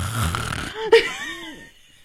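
A rough, rumbling snore imitated by an adult, followed by a brief voiced gliding sound.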